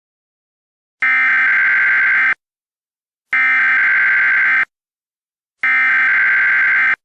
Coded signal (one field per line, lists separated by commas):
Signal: Emergency Alert System (SAME) tones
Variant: header bursts